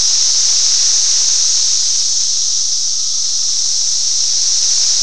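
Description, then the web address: Cicadas alone in a constant high-pitched, hissing drone, level and unchanging for the whole stretch. Recorded in 1987. "fleur cicadas"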